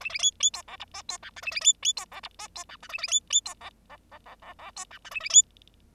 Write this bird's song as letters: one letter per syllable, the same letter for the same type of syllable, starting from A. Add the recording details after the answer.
A A B B C D E F C G H A A B B C D E F C G H A A B B C D D D D D D C G H A A B. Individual Bird0